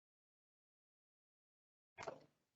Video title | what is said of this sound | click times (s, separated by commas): Repositioning Masterclass Mon 21 June 2021 | lower you hear the clicks i'll do the second one there we go | 2.1 s